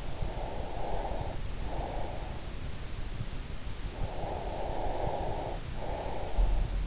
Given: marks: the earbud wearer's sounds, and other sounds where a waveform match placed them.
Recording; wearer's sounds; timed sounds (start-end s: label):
sounds in sleep by an in-ear microphone; breath
0.00-2.52 s: breath
3.96-6.87 s: breath